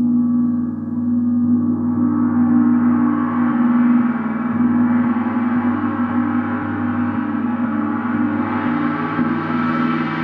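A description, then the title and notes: Singing bowls ring together in a thick, sustained wash of overlapping tones, with a strong low hum beneath. The sound stays steady and loud throughout, while a shimmering upper layer slowly grows brighter toward the end, like a gong swelling. Gong Sound.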